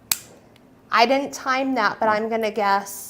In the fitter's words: she's putting it back together and clicks right in